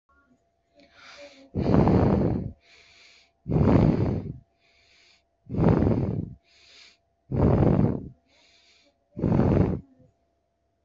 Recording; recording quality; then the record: shallow breathing; moderate, slight background noise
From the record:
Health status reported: respiratory illness, not identified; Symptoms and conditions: diabetes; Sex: female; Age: 32 years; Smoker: not ticked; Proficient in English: yes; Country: India